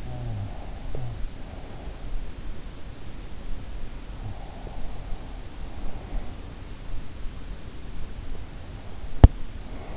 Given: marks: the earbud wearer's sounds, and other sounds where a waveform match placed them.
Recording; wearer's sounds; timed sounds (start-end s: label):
sounds in sleep by an in-ear microphone; snoring breath, teeth grinding
0.00-1.23 s: snoring breath
8.93-9.52 s: teeth grinding